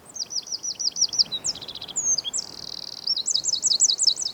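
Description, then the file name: Eurasian wren singing a rapid, shrill phrase: runs of repeated chipping notes, a brief rattle, a smooth trill, then a fast warbling run. "Troglodytes troglodytes"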